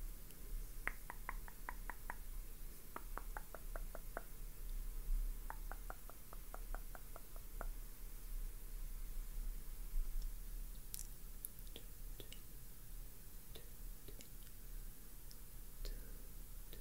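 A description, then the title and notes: Face brushing: quick regular runs of soft scrubbing strokes early on, then scattered brighter taps and rustles later over a low hum. BRUSHING YOUR FACE.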